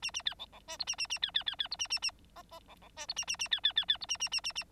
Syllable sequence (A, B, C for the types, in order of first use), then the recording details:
A A B C C D E A A A B B B B E A A A F F C C D E A A A B B B B E A A A A A. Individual Bird9